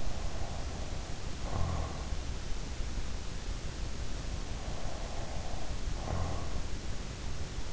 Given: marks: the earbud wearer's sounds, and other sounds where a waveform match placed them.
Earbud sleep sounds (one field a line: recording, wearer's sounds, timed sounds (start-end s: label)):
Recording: sounds in sleep by an in-ear microphone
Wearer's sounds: breath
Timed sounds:
0.00-2.19 s: breath
4.70-6.60 s: breath